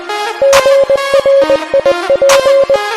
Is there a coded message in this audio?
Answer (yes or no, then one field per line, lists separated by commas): yes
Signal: Morse code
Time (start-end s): 0.4-2.8 s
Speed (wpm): 20 wpm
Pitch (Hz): 550 Hz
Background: music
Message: GRIP